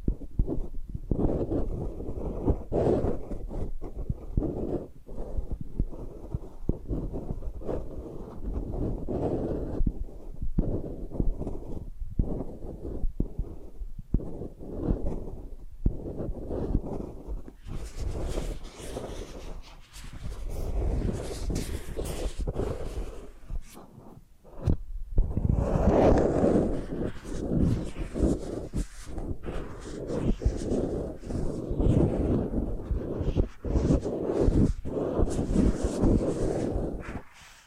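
Soft brushing and scratching strokes sweep back and forth in a dense, uneven rhythm, mostly low and muffled. Around the eighteenth second and again after a brief pause near twenty-five seconds, the strokes turn brighter and airier, with crisp bristly swishes.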